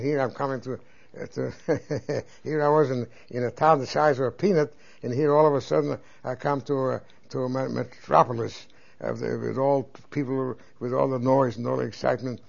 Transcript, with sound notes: Here I'm coming to-- (He laughs.) Here I was, in a town the size of a peanut, and here all of a sudden I come to a, to a metropolis, with all people, with all the noise and all the excitement.